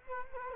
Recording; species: mosquito wingbeat signal from an infrared sensor; Culex quinquefasciatus